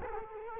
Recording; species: mosquito wingbeat signal from an infrared sensor; Culex quinquefasciatus